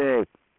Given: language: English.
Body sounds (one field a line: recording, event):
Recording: throat vibration sensor signal played as sound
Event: speech